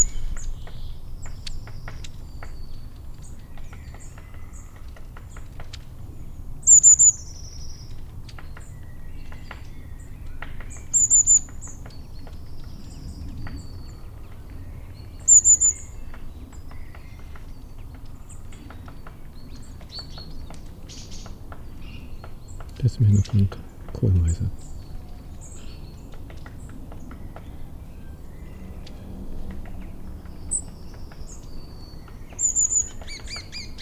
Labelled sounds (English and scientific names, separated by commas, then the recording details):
Long-tailed Tit (Aegithalos caudatus)
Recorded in the wild
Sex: group
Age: adult
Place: Bernau bei Berlin, Forst Bernau, Brandenburg, DE
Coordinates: 52.6975, 13.5211
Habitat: forest
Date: 2007-02-18 16:33
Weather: fair, 7-8°C
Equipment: Sound Devices 702, Sennheiser MKH 70, Windkorb
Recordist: Frommolt, Karl-Heinz